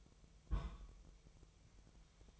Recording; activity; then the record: daily activity, microphone in the room; place on stove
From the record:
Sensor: 1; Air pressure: 999.4 hPa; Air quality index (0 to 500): 198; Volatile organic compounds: 40 ppm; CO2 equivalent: 3143 ppm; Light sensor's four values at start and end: 9/22/8/9 and 9/22/8/9